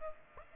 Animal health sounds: mosquito wingbeat signal from an infrared sensor; Aedes aegypti

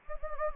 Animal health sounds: mosquito wingbeat signal from an infrared sensor; Anopheles gambiae

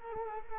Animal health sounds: mosquito wingbeat signal from an infrared sensor; Culex quinquefasciatus

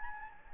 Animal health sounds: mosquito wingbeat signal from an infrared sensor; Anopheles gambiae

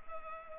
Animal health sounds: mosquito wingbeat signal from an infrared sensor; Culex pipiens

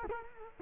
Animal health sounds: mosquito wingbeat signal from an infrared sensor; Culex quinquefasciatus

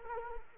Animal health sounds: mosquito wingbeat signal from an infrared sensor; Anopheles arabiensis

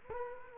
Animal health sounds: mosquito wingbeat signal from an infrared sensor; Culex quinquefasciatus

